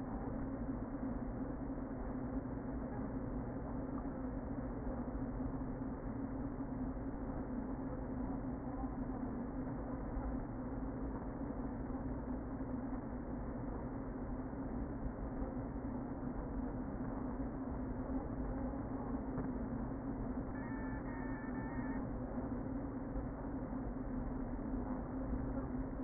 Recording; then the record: honeybee colony, microphone inside the hive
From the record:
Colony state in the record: queen present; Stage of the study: before two queens were removed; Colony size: about 60,000 bees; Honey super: yes